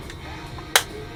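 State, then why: Seated. The clear plastic canopy of a 1/48 Hasegawa F-22 Raptor plastic model jet is pushed onto the fuselage front-first until it aligns, against a quiet low background with a faint tick near 0.1 s. A sharp, bright, broadband snap at 0.8 s marks the canopy seating into place.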